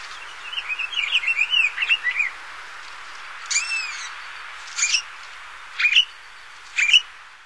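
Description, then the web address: Pine Grosbeak song: a rich warbled phrase of about two seconds, followed by four short separate notes spaced roughly a second apart. "Songs of Birds of North America Stokes. Pine Grosbeak"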